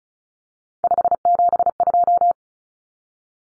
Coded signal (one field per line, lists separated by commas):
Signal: Morse code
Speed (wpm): 34 wpm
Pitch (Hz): 700 Hz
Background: none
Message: 572